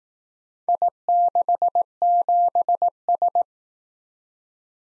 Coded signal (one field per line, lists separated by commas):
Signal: Morse code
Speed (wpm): 18 wpm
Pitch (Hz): 700 Hz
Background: none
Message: I67S